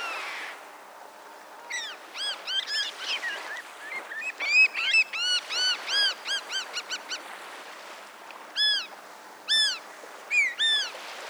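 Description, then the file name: Bonaparte's gull calls, a rapid series of short, harsh, arched notes in bursts with strong harmonics, then a few spaced calls near the end. "Bonapartes Gull - Chroicocephalus philadelphia"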